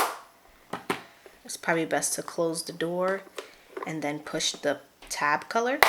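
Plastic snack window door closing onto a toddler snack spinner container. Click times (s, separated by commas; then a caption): 0.7 s, 0.9 s. The small plastic window door on a GOBE toddler snack spinner container is pushed closed after the snack is eaten and snaps shut, with sharp clicks at 0.7 s and 0.9 s. Someone then talks for the rest of the clip. The snap shows the door is closed.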